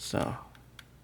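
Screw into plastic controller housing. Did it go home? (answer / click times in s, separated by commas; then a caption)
no / 0.5 s, 0.8 s. A small screw is driven into a plastic controller housing while someone talks at the start, and two short, sharp clicks are heard at 0.6 s and 0.8 s. The screw strips.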